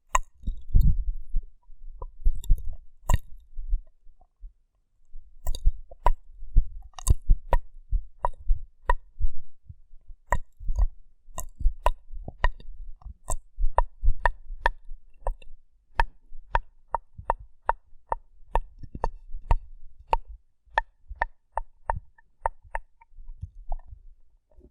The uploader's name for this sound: Rough Brain Cleaning and Picking